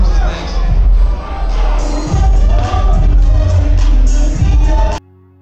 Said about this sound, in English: Please, round of applause. Please, round of applause.